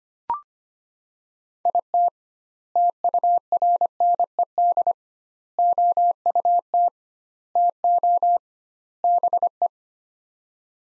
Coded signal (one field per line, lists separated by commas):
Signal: Morse code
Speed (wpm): 25 wpm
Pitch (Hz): 700 Hz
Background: none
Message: IT TURNED OUT TO BE